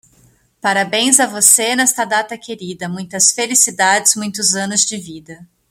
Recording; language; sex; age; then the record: short text; Brazilian Portuguese; female; 30 to 39 years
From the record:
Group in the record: control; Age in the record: 38 years